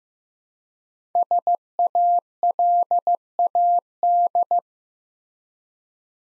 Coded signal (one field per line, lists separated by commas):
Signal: Morse code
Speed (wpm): 15 wpm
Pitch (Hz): 700 Hz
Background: none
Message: SALAD